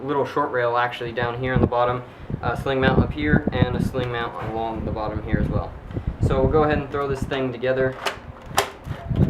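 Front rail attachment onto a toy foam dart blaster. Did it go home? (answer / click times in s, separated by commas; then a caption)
yes / 8.6 s. A plastic front rail attachment, which has a short rail on the bottom and sling mounts on top and bottom, is pushed onto the front of a Nerf N-Strike Elite Mega Centurion foam dart blaster while someone talks. It snaps into place with a sharp click at 8.6 s and is seated, staying on for good.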